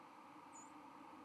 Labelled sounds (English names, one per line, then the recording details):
White-throated Sparrow flight call
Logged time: 10:38 on 31 October 2014